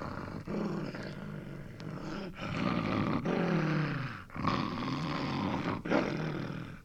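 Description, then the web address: Dog growling continuously in rough, rumbling snarls with short breaks. Angry dog snapping and growling with a few barks. "Sound Effects-BBC Dog"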